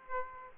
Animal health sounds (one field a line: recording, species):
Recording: mosquito wingbeat signal from an infrared sensor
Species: Aedes aegypti